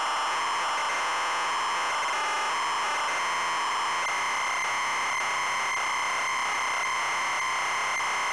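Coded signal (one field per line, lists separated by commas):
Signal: ZX Spectrum tape loading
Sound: continuous harsh buzzing screech with a dense warbling texture, steady throughout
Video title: Wonder Boy - Zx Spectrum +2 (Full Cassette Tape Loading & Gameplay)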